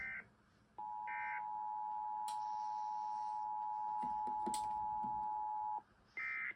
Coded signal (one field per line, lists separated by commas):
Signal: Emergency Alert System (SAME) tones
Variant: 853 and 960 Hz attention tone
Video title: EAS 7320-7323 KDKA EAS Test From 05/25/25